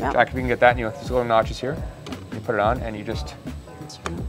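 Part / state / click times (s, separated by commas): plastic dosing funnel onto espresso portafilter / seated / 4.1 s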